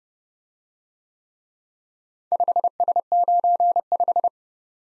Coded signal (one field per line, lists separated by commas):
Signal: Morse code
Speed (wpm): 34 wpm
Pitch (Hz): 700 Hz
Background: none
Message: 5S95